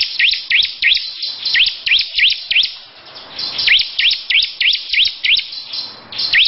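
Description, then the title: Lovebird song: rapid series of high, sharp rising chirps repeated about three times a second in a long chattering run with a brief dip. Long "ngekek" song. "Audio Lovebird Ngekek Panjang Ciblek"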